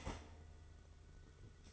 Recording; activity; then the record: daily activity, microphone in the room; start toaster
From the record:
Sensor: 4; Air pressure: 991.5 hPa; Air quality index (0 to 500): 136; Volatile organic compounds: 53 ppm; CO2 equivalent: 3337 ppm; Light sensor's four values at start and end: 19/63/23/24 and 19/63/23/24